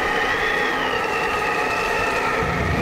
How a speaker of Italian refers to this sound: Purtroppo, come potete sentire dalle terribili raffiche di vento, le condizioni della montagna peggiorano drammaticamente.